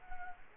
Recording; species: mosquito wingbeat signal from an infrared sensor; Culex quinquefasciatus